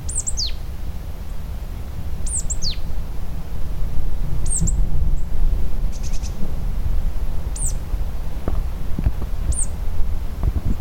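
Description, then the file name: Marsh tit calling with thin, high downward-slurred notes, in short groups and singly, repeated several times against a strong low background rumble. "Poecile palustris"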